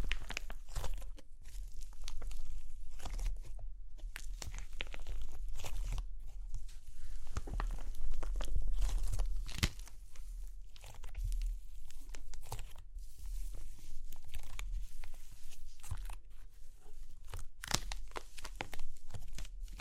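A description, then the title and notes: Crunchy clay cracking in dense, irregular bursts of bright crackles and crumbling snaps, continuous throughout with a steady low rumble underneath. Super Crunchy Clay Cracking (No Talking).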